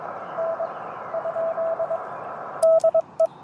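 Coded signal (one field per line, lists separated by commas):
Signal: Morse code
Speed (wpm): 22 wpm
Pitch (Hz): 660 Hz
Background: none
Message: N ? DE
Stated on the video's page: CW from a Parks On The Air activation at a state nature preserve, alongside SSB.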